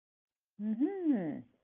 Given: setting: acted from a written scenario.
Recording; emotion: vocal sound without words; interest